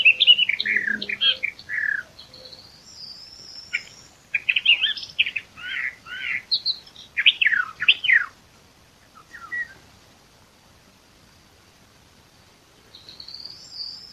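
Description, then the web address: Eastern Orphean Warbler song: bursts of chattering, warbling notes with pauses between them, plus a thin high whistle early on and again near the end. "sylvia crassirostris song. birds-of-the-ussr passeriformes sylviidae sylvia sylvia-crassirostris"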